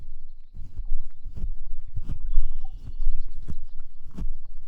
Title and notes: Cow Love. I don't know how my microphone windscreen got covered by cow spittle overnight